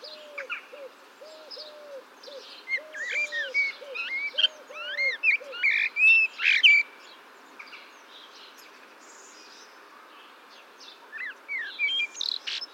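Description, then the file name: Common blackbird singing mellow whistled, warbling phrases in the middle and again near the end, over a lower repeated hooting from another bird early on. "Turdus merula"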